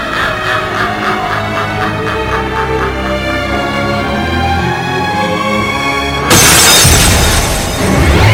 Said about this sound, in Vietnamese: Lúc này, tấm gương ký ức bỗng nhiên vỡ tan.